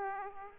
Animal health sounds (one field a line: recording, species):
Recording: mosquito wingbeat signal from an infrared sensor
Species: Aedes aegypti